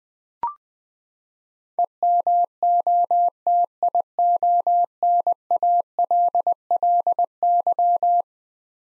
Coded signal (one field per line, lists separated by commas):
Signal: Morse code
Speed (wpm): 21 wpm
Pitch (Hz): 700 Hz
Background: none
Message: EMOTIONALLY